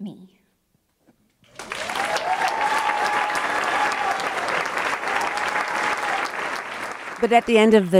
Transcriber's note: applause